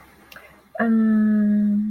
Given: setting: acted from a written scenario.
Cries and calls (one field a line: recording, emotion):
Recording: vocal sound without words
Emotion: neutral